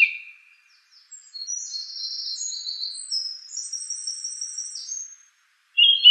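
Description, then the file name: Song thrush: songbird giving a long run of thin, high, squeaky notes between two short lower whistles, with short silent gaps. "suara-kicauan-burung-song-thrush 7-omkicau"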